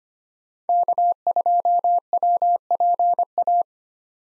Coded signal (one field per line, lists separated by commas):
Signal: Morse code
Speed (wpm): 25 wpm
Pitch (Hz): 700 Hz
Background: none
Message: K2WPA